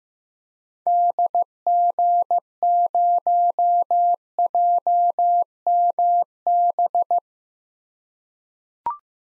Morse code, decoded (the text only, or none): DG0JMB